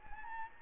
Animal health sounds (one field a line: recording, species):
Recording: mosquito wingbeat signal from an infrared sensor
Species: Anopheles gambiae